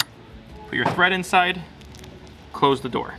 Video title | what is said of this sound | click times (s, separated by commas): Sew Yeah Retreat: How To Thread the Juki JL-18 | you're gonna take it and install it back into place you'll hear the click | 0.0 s